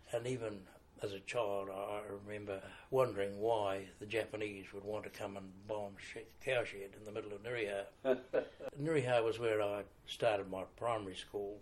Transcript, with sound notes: And even as a child I remember wondering why the Japanese would want to come and bomb a cowshed in the middle of Nireaha. [Chuckle] Nireaha was where I started my primary school.